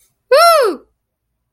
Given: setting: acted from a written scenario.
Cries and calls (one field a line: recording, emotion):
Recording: vocal sound without words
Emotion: triumph